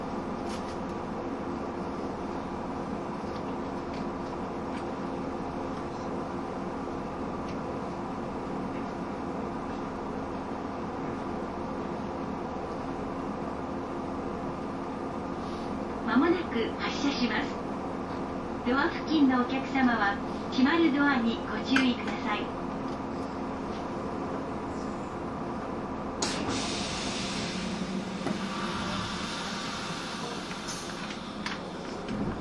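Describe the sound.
A train runs along the Bantan Line with a steady low rumble and hum that holds for the whole run. Around sixteen to twenty-two seconds a burst of brighter, voice-like sounds rises over it, and near twenty-six seconds a hissing rush briefly swells.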